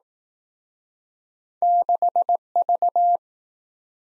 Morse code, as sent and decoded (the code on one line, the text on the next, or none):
-.... ...-
6V